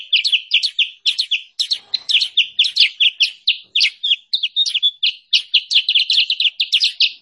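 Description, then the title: Sooty-headed bulbul song: a fast run of sharp chirped notes and short trills in quick succession, no other sounds. Lure and training recording of sooty-headed bulbul song, used to attract birds for trapping and to tutor caged songbirds. "Masteran Kutilang Sutra. suara pikat burung kutilang sutra"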